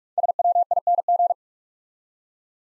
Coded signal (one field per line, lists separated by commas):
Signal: Morse code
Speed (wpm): 44 wpm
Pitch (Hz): 700 Hz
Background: none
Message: SWING